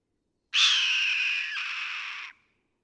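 Red-tailed hawk screaming once, a long raspy drawn-out cry that holds steady and fades slightly toward its end.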